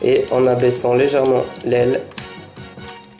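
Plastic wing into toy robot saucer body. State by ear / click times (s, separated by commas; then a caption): seated / 3.2 s. Someone talks while lowering the plastic wing of a toy robot saucer slightly, pressing its two plastic pegs into their holes in the saucer body. A short click at 3.2 s marks the wing clipping into place without much difficulty.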